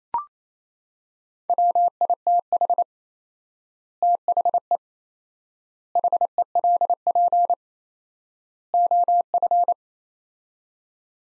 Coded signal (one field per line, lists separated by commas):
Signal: Morse code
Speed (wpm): 27 wpm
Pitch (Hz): 700 Hz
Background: none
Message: WITH THE HELP OF